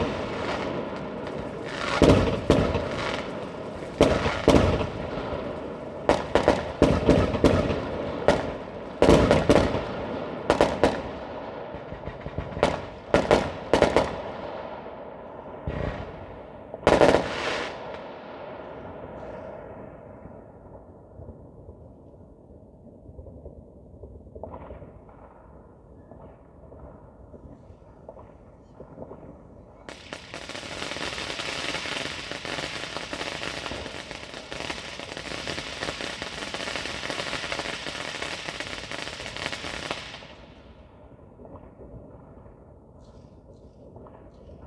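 New Year's Eve fireworks: for the first twenty seconds sharp bangs and crackling bursts go off in rapid clusters, some very loud. The bangs thin out and stop, leaving a low rumble, then from about 30 to 40 seconds a dense hissing fizz of sparkling rockets fills the air.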